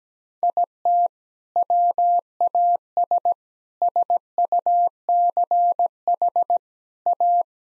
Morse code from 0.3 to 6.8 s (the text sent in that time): IT WAS SUCH